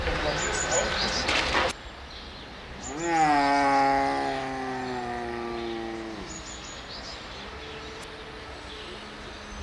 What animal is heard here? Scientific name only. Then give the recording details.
Panthera onca. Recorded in captivity. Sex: male. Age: adult. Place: Zoo Halle, Sachsen-Anhalt, DE. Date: 1993-04-24. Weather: heiter, 16-24 °C. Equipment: Sony WM-D6C, Sony ECM-939 LT, Kopie Uher Variocord 263. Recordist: Tembrock, Günter